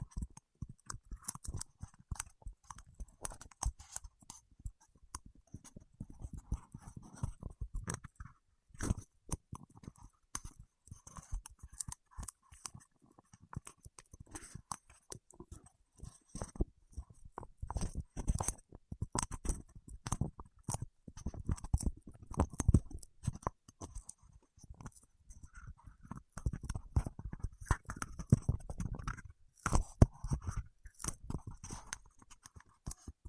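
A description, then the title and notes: Fingertips work against wax, making a dense run of sticky, crackling clicks and small pops that never settle into a regular pattern. The sound is steady for the full half minute, with busier, louder clusters around 18 and 28–31 seconds. ASMR with Wax Fingertips for Sleep (No Talking).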